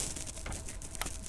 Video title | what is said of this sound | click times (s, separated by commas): HPE ProLiant DL380p G8 Gen8 Server Memory Spec Overview & Upgrade Tips - How to Configure the System | you got to hear the click | 1.0 s